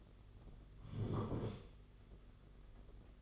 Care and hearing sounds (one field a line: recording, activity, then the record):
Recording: daily activity, microphone in the room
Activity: sit down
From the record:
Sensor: 4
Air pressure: 992.4 hPa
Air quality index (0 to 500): 122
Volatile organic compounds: 32 ppm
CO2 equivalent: 3000 ppm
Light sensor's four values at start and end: 20/72/26/28 and 20/72/26/28